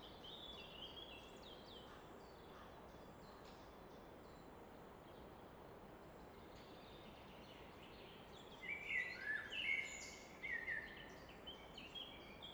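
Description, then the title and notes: Common nightingale giving a loud phrase of rapid, throaty chattering and whistled notes late, after a quiet stretch of steady river rush. Evening in Fläsch, Switzerland; roar of the Rhine reflected off a rock face in the background; recorded with Fostex FR2 and MKH 800 microphone. "Fläsch, Schweiz - Abendstimmung Nachtigall. Im Hintergrund wird das Rauschen des Rheins von einer Felswand reflektiert"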